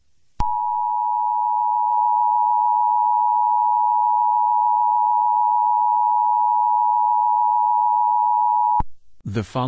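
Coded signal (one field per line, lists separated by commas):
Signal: Emergency Alert System (SAME) tones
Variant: 853 and 960 Hz attention tone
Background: speech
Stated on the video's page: Fictional emergency alert scenario, not a real broadcast.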